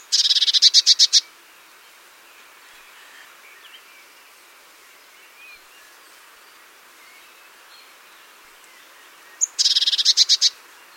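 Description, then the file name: Great tit giving a harsh, buzzy churring chatter of rapid repeated notes, one burst at the start and another about nine seconds later. "Parus major"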